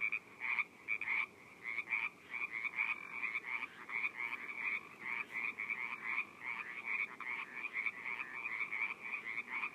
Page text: frogs in pond at wilder. US-CA-Orinda-1234 Wilder Rd — Feb 24, 2014